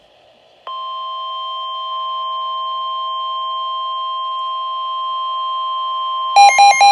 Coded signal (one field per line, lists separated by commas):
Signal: Emergency Alert System (SAME) tones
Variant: 1050 Hz attention tone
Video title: River Flood Warning - WXL58 - WNG706 (4/23/23 - EAS # 157-158)